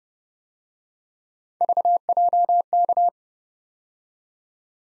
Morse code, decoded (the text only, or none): VJK